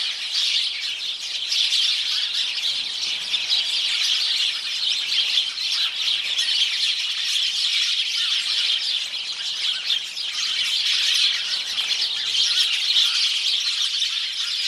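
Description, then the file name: Many house sparrows chirping together in a steady, unbroken chorus; the busy chatter stays even throughout, with no other clear sounds. "Passer domesticus"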